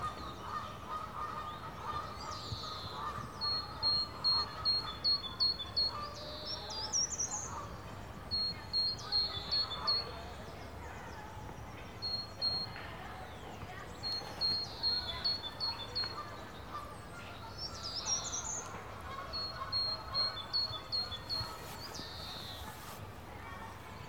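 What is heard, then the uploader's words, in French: Small birds chirp in a park, repeating quick high trills every few seconds over a soft, steady low murmur of background noise. Son d'ambiance du parc avec petits cris d'oiseaux. Ambiance avec oiseaux.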